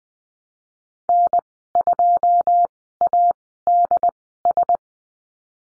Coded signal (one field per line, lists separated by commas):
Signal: Morse code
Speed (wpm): 20 wpm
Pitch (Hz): 700 Hz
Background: none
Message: N2ADS